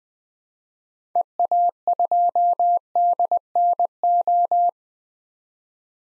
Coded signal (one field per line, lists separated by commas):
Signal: Morse code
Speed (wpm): 20 wpm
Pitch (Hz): 700 Hz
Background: none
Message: EA2DNO